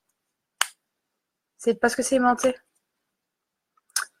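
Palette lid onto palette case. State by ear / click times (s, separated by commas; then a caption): seated / 0.6 s. A makeup palette lid is closed onto its palette case and snaps shut with a sharp click at 0.6 s. Someone then talks from about 1.6 to 2.6 s, and a few faint ticks near 3.8 s lead to another sharp snap at about 4.0 s.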